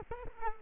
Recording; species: mosquito wingbeat signal from an infrared sensor; Culex quinquefasciatus